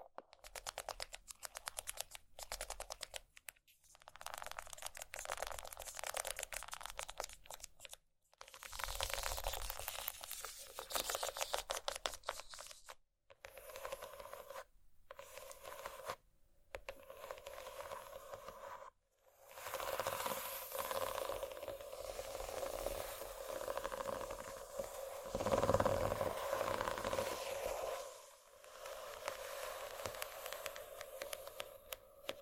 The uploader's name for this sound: ASMR Scratching